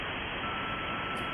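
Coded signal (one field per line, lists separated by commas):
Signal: unidentified radio signal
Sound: receiver hiss with a faint steady whistle starting partway through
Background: radio static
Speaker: Hear that tone? See that line at about 1350? That's my tone coming back from the satellite.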